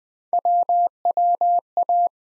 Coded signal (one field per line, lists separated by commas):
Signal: Morse code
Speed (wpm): 20 wpm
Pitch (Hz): 700 Hz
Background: none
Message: WWA